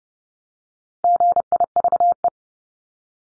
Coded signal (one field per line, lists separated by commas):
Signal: Morse code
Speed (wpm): 30 wpm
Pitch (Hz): 700 Hz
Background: none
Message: GIVE